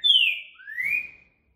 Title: ESQUENTAR Seu TRINCA Piando, Cantando E Macheando Na DISPUTA. CANTO RARO!! TRINCA FERRO CURRICUTIL BOI BOCA MOLE! ENCARTE